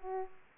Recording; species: mosquito wingbeat signal from an infrared sensor; Aedes aegypti